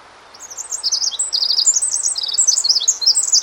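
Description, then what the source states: Pacific Wren song entering after a brief pause, a dense torrent of very quick, high, sparkling notes and trills that continues to the end. Male perched singing on a snag about 10 to 15 feet above the ground; song packs an immense number of very fast notes into a short time; local bird.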